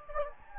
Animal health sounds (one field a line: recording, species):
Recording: mosquito wingbeat signal from an infrared sensor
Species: Anopheles gambiae